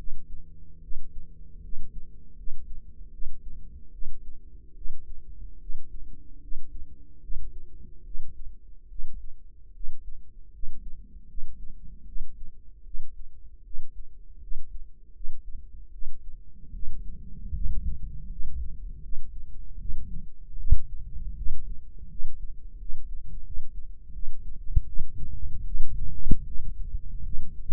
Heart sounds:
heart sounds by microphone in the right ear; 77 bpm
0.79 s: heartbeat
1.60 s: heartbeat
2.34 s: heartbeat
3.09 s: heartbeat
3.90 s: heartbeat
4.73 s: heartbeat
5.57 s: heartbeat
6.39 s: heartbeat
7.19 s: heartbeat
8.02 s: heartbeat
8.87 s: heartbeat
9.71 s: heartbeat
10.50 s: heartbeat
11.26 s: heartbeat
12.03 s: heartbeat
12.82 s: heartbeat
13.62 s: heartbeat
14.38 s: heartbeat
15.11 s: heartbeat
15.90 s: heartbeat
16.71 s: heartbeat
17.51 s: heartbeat
18.27 s: heartbeat
19.00 s: heartbeat
19.76 s: heartbeat
20.55 s: heartbeat
21.33 s: heartbeat
22.06 s: heartbeat
22.76 s: heartbeat
23.42 s: heartbeat
24.11 s: heartbeat
24.84 s: heartbeat
25.63 s: heartbeat
26.43 s: heartbeat
27.22 s: heartbeat
From the record:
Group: healthy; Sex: female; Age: 19 years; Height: 163 cm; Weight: 51 kg

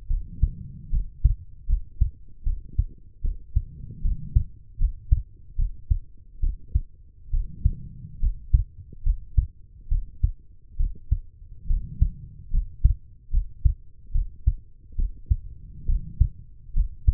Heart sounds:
heart sounds by stethoscope; 72 bpm
0.07 s: heartbeat
0.90 s: heartbeat
1.66 s: heartbeat
2.43 s: heartbeat
3.21 s: heartbeat
4.02 s: heartbeat
4.78 s: heartbeat
5.56 s: heartbeat
6.40 s: heartbeat
7.30 s: heartbeat
8.20 s: heartbeat
9.03 s: heartbeat
9.88 s: heartbeat
10.77 s: heartbeat
11.67 s: heartbeat
12.51 s: heartbeat
13.31 s: heartbeat
14.12 s: heartbeat
14.95 s: heartbeat
15.86 s: heartbeat
16.73 s: heartbeat
From the record:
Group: healthy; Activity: rest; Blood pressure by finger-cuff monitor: 106/64 mmHg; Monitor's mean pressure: 76 mmHg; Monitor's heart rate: 72 bpm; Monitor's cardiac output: 5.8 L/min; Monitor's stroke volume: 81 mL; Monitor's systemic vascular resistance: 950 dyn s/cm5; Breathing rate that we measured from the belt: 16 breaths a minute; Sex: female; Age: 23 years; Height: 160 cm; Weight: 50.4 kg

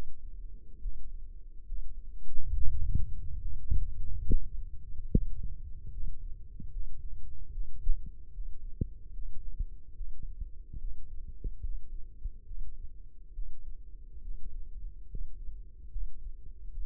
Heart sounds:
heart sounds by microphone in the left ear; 72 bpm
0.79 s: heartbeat
1.65 s: heartbeat
2.51 s: heartbeat
3.39 s: heartbeat
4.24 s: heartbeat
5.09 s: heartbeat
5.90 s: heartbeat
6.70 s: heartbeat
7.51 s: heartbeat
8.31 s: heartbeat
9.12 s: heartbeat
9.94 s: heartbeat
10.78 s: heartbeat
11.61 s: heartbeat
12.44 s: heartbeat
13.32 s: heartbeat
14.21 s: heartbeat
15.07 s: heartbeat
15.89 s: heartbeat
16.71 s: heartbeat
From the record:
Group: healthy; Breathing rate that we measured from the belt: 18 breaths a minute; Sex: male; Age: 35 years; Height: 178 cm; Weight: 64 kg

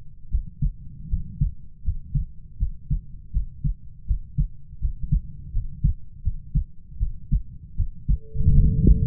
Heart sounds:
heart sounds by stethoscope; 80 bpm
0.29 s: heartbeat
1.08 s: heartbeat
1.82 s: heartbeat
2.57 s: heartbeat
3.31 s: heartbeat
4.05 s: heartbeat
4.79 s: heartbeat
5.51 s: heartbeat
6.22 s: heartbeat
6.98 s: heartbeat
7.75 s: heartbeat
8.53 s: heartbeat
From the record:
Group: healthy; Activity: rest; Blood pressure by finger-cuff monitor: 94/56 mmHg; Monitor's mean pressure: 68 mmHg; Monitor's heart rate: 80 bpm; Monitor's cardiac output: 7.3 L/min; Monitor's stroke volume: 89 mL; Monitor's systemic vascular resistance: 650 dyn s/cm5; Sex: female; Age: 19 years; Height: 163 cm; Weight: 48.9 kg

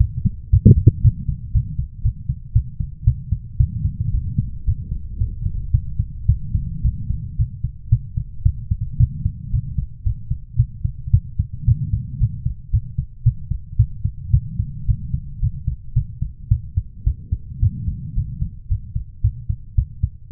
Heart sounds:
heart sounds by stethoscope; 112 bpm
0.51 s: heartbeat
1.02 s: heartbeat
1.53 s: heartbeat
2.03 s: heartbeat
2.53 s: heartbeat
3.05 s: heartbeat
3.58 s: heartbeat
4.12 s: heartbeat
4.65 s: heartbeat
5.19 s: heartbeat
5.72 s: heartbeat
6.27 s: heartbeat
6.83 s: heartbeat
7.37 s: heartbeat
7.90 s: heartbeat
8.43 s: heartbeat
8.98 s: heartbeat
9.51 s: heartbeat
10.04 s: heartbeat
10.57 s: heartbeat
11.11 s: heartbeat
11.66 s: heartbeat
12.19 s: heartbeat
12.71 s: heartbeat
13.24 s: heartbeat
13.77 s: heartbeat
14.31 s: heartbeat
14.86 s: heartbeat
15.40 s: heartbeat
15.94 s: heartbeat
16.49 s: heartbeat
17.04 s: heartbeat
17.60 s: heartbeat
18.15 s: heartbeat
18.69 s: heartbeat
19.22 s: heartbeat
19.76 s: heartbeat
20.30 s: heartbeat
From the record:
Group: healthy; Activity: rest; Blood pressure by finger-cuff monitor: 141/69 mmHg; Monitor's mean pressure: 93 mmHg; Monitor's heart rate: 112 bpm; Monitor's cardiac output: 8.9 L/min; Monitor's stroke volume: 79 mL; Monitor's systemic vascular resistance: 560 dyn s/cm5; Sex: female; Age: 24 years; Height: 163 cm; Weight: 55.7 kg

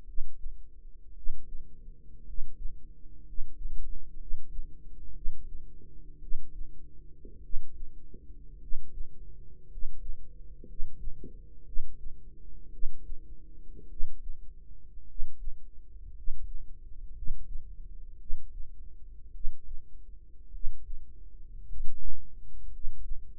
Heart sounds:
heart sounds by microphone in the right ear; 56 bpm
0.03 s: heartbeat
1.12 s: heartbeat
2.22 s: heartbeat
3.22 s: heartbeat
4.15 s: heartbeat
5.11 s: heartbeat
6.18 s: heartbeat
7.39 s: heartbeat
8.57 s: heartbeat
9.66 s: heartbeat
10.64 s: heartbeat
11.62 s: heartbeat
12.68 s: heartbeat
13.86 s: heartbeat
15.04 s: heartbeat
16.11 s: heartbeat
17.11 s: heartbeat
18.16 s: heartbeat
19.30 s: heartbeat
20.49 s: heartbeat
21.64 s: heartbeat
22.68 s: heartbeat
From the record:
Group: healthy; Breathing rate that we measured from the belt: 9 breaths a minute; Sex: male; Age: 25 years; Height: 170 cm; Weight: 70.4 kg

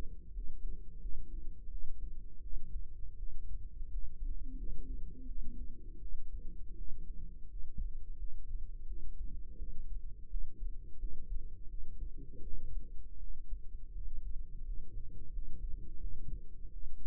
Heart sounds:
heart sounds by microphone in the right ear; 84 bpm
0.33 s: heartbeat
1.01 s: heartbeat
1.70 s: heartbeat
2.42 s: heartbeat
3.18 s: heartbeat
3.90 s: heartbeat
4.57 s: heartbeat
5.27 s: heartbeat
6.00 s: heartbeat
6.77 s: heartbeat
7.49 s: heartbeat
8.18 s: heartbeat
8.87 s: heartbeat
9.58 s: heartbeat
10.29 s: heartbeat
10.99 s: heartbeat
11.69 s: heartbeat
12.42 s: heartbeat
13.19 s: heartbeat
13.93 s: heartbeat
14.64 s: heartbeat
15.31 s: heartbeat
15.99 s: heartbeat
16.72 s: heartbeat
From the record:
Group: healthy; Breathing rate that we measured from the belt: 17 breaths a minute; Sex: female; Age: 22 years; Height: 161 cm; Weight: 65.5 kg

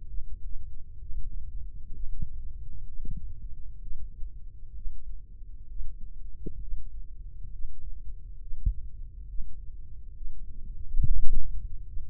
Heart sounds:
heart sounds by microphone in the left ear; 66 bpm
0.09 s: heartbeat
1.02 s: heartbeat
1.95 s: heartbeat
2.88 s: heartbeat
3.82 s: heartbeat
4.76 s: heartbeat
5.69 s: heartbeat
6.62 s: heartbeat
7.52 s: heartbeat
8.41 s: heartbeat
9.29 s: heartbeat
10.16 s: heartbeat
11.02 s: heartbeat
11.88 s: heartbeat
From the record:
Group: healthy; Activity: Valsalva maneuver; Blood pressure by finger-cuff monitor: 107/82 mmHg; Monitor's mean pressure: 91 mmHg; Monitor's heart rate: 65 bpm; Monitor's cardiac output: 3 L/min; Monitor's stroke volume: 47 mL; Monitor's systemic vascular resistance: 2200 dyn s/cm5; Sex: male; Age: 55 years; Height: 167 cm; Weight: 57.2 kg

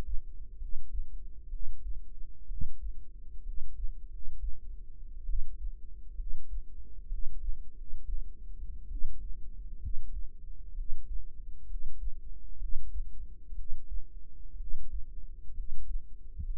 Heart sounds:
heart sounds by microphone in the right ear; 64 bpm
0.55 s: heartbeat
1.47 s: heartbeat
2.45 s: heartbeat
3.40 s: heartbeat
4.06 s: heartbeat
5.23 s: heartbeat
6.14 s: heartbeat
7.05 s: heartbeat
7.71 s: heartbeat
8.86 s: heartbeat
9.77 s: heartbeat
10.72 s: heartbeat
11.64 s: heartbeat
12.56 s: heartbeat
13.53 s: heartbeat
14.54 s: heartbeat
15.51 s: heartbeat
16.40 s: heartbeat
From the record:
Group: healthy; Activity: rest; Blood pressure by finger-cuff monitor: 115/73 mmHg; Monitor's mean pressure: 86 mmHg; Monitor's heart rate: 65 bpm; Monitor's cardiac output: 5.4 L/min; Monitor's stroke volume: 83 mL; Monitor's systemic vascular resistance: 1170 dyn s/cm5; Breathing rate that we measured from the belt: 15 breaths a minute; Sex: female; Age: 22 years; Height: 171 cm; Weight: 65.6 kg

